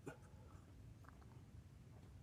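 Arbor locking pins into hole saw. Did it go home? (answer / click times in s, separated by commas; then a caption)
no / none. The steel arbor's locking pins are handled against a hole saw, with soft handling taps and faint ticks over a low steady rumble. Nothing has snapped into place or seated yet.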